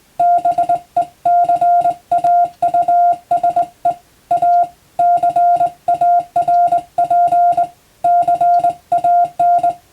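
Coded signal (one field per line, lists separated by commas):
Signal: Morse code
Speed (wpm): 21 wpm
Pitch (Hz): 700 Hz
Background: music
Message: BECAUSE A CARP CAN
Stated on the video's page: Morse reception practice using telegram practice texts for radio operator training, also for amateur radio receiving practice.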